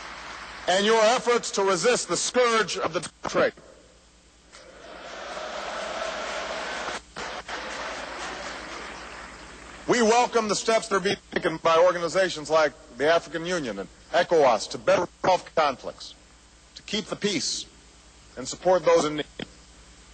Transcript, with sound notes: and your efforts to resist the scourge of the drug trade. (Applause.) We welcome the steps that are being taken by organizations like the African Union and ECOWAS to better resolve conflicts, to keep the peace, and support those in need.